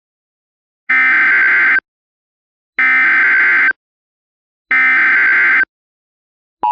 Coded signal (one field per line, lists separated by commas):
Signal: Emergency Alert System (SAME) tones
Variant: header bursts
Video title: EAS MOCK: Marshire TOR 2008